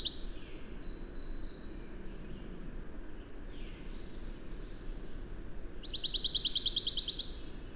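Bird song: soft, thin notes under steady background noise, then a brisk high trill of rapid chirps near the end.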